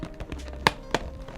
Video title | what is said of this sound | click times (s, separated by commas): Sena SRL3 - Shoei GT-Air III, Neotec 3 & J-Cruise 3 - Overview - Motorcycle Comms | And it should snap right into place. There we go. | 0.7 s